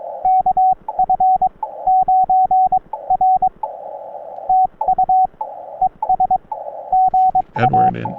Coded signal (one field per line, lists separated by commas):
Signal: Morse code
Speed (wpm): 22 wpm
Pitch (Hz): 750 Hz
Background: speech, radio noise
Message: KF9R TU ES GA